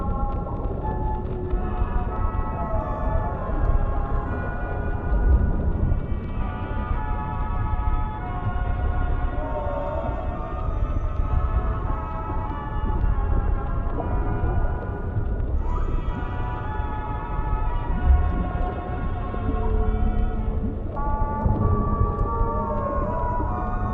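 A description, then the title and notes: Oldies music playing underwater comes through muffled, with wavering sustained notes over a steady low rumble and no bright highs. Oldies music playing underwater in City.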